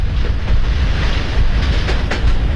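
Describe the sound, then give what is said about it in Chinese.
Hitler's special train, code-named America, rolls steadily along the tracks after leaving Berlin for Norway on 9 May 1940, then turning toward a new headquarters near the French border; wheels make a loud, continuous rumble with a rhythmic clickety-clack over the rail joints and no voices. “1940年5月9日，希特勒乘坐代号美国的专列离开柏林，前往挪威。走到半路，火车掉头驶向距离法国边境不远的新指挥部，查看整个战局。”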